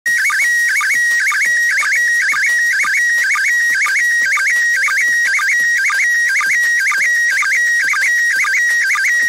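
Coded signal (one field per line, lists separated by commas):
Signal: SSTV (slow-scan television)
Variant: PD 120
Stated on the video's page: ISS SSTV downlink received at the start of a pass at 3.4 degrees elevation, using a 2m yagi antenna on a tripod.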